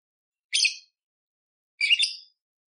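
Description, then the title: Budgerigar chatter: two short, harsh, scratchy bursts a little over a second apart, with silence between. Masteran (tutor) recording of budgerigar, lively and clear, with coarse 'tembakan' fill phrases, one hour long, suitable for training magpie-robins. "Masteran Burung Parkit Gacor Jernih Full Isian Tembakan Kasar Cocok Buat Kacer"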